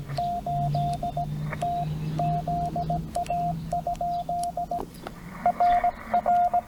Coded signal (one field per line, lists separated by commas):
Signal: Morse code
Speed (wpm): 17 wpm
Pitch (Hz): 690 Hz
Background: radio noise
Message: 8 TZA? RR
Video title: CW POTA Activation. 18 May 2025, US-2969 Port Royal State Park TN